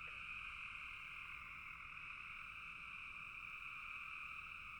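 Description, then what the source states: Frog chorus, many callers blending into one constant high-pitched trill with no pauses, over a soft low background noise. Frogs calling in a bog.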